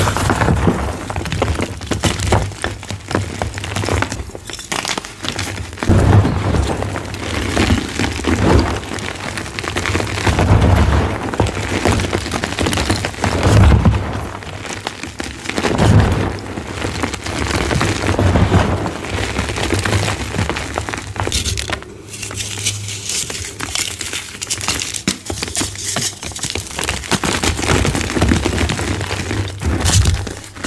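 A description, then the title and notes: Dyed gym chalk is crushed in continuous crispy, crumbling crunches, dense and irregular, with a steady low hum underneath throughout. Crispy Flaky Dyed Gym Chalk Collection Chalk Crushing ASMR. A collection of some of my favorite crispy flaky dyed gym chalk asmr crushing collection.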